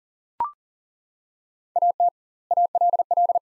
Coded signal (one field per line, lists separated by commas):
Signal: Morse code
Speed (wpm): 40 wpm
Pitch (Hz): 700 Hz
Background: none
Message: AT ALL